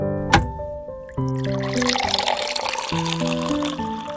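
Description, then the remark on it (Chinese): A sharp clink, then lemonade pours steadily into a glass for about three seconds, a bright continuous splashing over soft background music with sustained tones. “来，喝杯柠檬水，咱们慢慢聊。”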